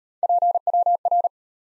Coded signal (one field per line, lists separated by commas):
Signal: Morse code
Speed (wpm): 33 wpm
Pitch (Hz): 700 Hz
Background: none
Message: PWR